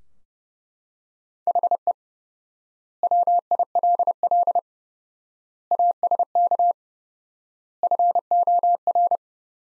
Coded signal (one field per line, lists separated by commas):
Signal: Morse code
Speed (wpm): 32 wpm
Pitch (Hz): 700 Hz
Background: none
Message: HE WILL ASK FOR